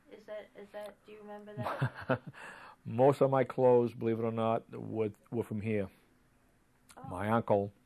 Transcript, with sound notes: Is that — is that — do you remember that?
[chuckles] Most of my clothes, believe it or not, were — were from here.
Oh.
My uncle,